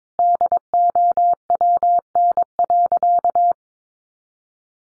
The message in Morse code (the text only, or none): DOWN.